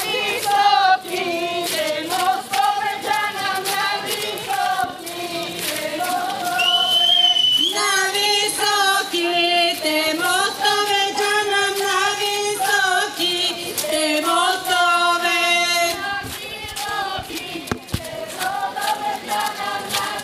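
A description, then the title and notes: Village folk singers hold long, ringing notes in tight voices, with bright overtones. The singing stays loud and steady throughout, with the pitch shifting at a few points, notably around seven seconds. Faint clicks and crowd noise sit underneath. Village Folk Singers Koprivshtitsa. Recorded in Koprivshtitsa, Bulgaria. This was a small event on Saturday afternoon, with people from the local community.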